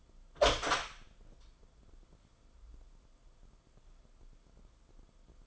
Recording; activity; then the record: daily activity, microphone in the room; open door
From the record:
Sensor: 5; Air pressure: 994.5 hPa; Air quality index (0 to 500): 185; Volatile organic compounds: 1000 ppm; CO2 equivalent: 5466 ppm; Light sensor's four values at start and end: 14/34/14/16 and 15/37/15/17